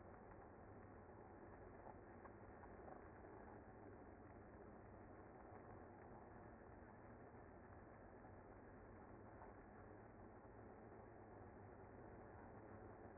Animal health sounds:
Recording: honeybee colony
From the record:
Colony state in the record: active

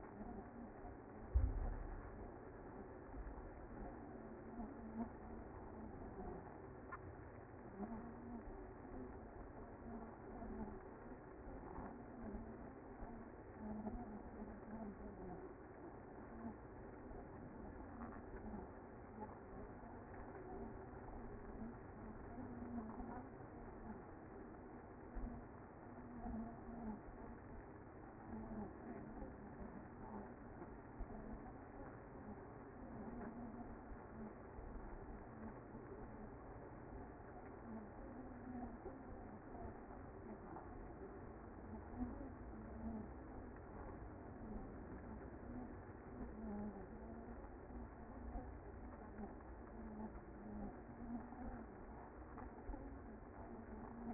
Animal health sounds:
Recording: honeybee colony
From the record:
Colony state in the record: active

